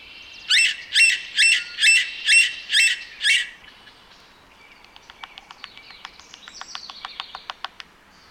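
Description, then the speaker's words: Red-breasted Sapsucker giving seven raspy nasal calls about every half second, then a quieter, irregular stuttering drum of sharp taps. Described as raspy nasal calls and irregular stuttering drumming; a member of the woodpecker group. "raspy nasal calls and the irregular kind of stuttering drumming noises of the red-breasted sapsucker."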